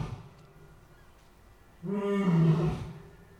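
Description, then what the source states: Asian lion roar, a single deep drawn-out roar lasting about a second. Usually the male; a staccato, barrel-chested roar heard in the background throughout Dublin Zoo, even in a nearby shopping centre.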